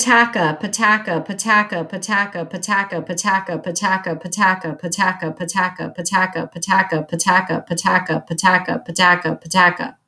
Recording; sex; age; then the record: repeated syllables /pa ta ka/; female; 30 to 39 years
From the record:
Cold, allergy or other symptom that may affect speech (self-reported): no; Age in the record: 39 years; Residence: Florida, United States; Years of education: 18